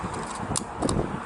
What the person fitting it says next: hear the click it's closed